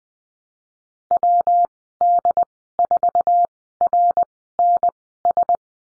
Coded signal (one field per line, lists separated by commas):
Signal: Morse code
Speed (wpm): 20 wpm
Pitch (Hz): 700 Hz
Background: none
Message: WD4RNS